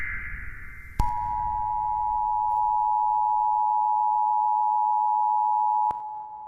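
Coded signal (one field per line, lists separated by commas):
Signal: Emergency Alert System (SAME) tones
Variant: 853 and 960 Hz attention tone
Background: music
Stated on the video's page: Fictional analog-horror EAS scenario about a failed weather-control experiment.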